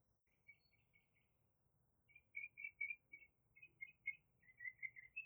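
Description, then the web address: Bird chirps: a fast run of short high twittering notes, a brief pause, then louder repeated chirps continuing to the end. "Tedford Sarah Sounds Birds 4 Removed Background Noise"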